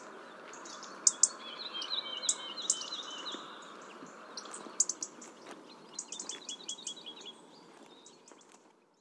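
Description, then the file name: European robin song: thin, high twittering phrases and trills mixed with sharp ticks, over a steady background hiss. "rouge gorge"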